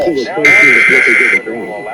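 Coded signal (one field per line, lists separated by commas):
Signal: Emergency Alert System (SAME) tones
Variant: header bursts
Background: speech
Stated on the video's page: Required Monthly Tests relayed by Los Angeles stations at 4am, including an AM radio station.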